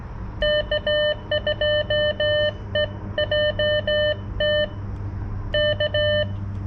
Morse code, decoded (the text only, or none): K2EJT K